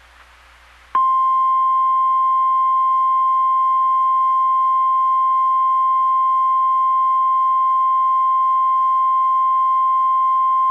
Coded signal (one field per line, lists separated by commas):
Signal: Emergency Alert System (SAME) tones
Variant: 1050 Hz attention tone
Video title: EAS Severe Thunderstorm Watch for Spokane WA